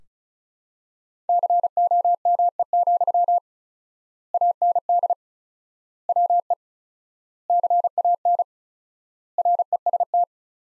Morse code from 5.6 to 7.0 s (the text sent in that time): WE